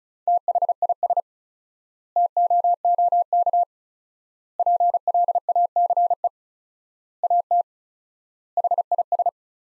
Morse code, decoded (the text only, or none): THIS TOOK PLACE AT HIS